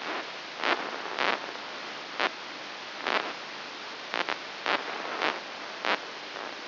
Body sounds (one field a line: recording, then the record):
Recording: brain microelectrode recording played as sound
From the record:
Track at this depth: inside the subthalamic nucleus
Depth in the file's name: 3.202 mm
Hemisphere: right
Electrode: 3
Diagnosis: Parkinson's disease